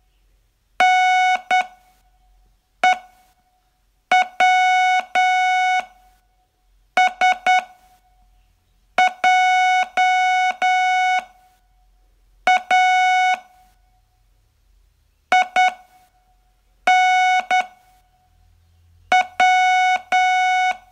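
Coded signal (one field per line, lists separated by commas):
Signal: Morse code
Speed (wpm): 9 wpm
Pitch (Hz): 740 Hz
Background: none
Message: NEWSJA INW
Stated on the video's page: Morse training lesson, day 16 of a 42-day course.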